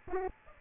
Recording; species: mosquito wingbeat signal from an infrared sensor; Aedes albopictus